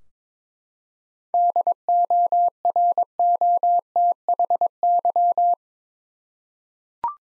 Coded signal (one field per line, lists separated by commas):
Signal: Morse code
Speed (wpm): 22 wpm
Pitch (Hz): 700 Hz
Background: none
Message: DOROTHY